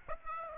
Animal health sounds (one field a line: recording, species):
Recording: mosquito wingbeat signal from an infrared sensor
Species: Aedes aegypti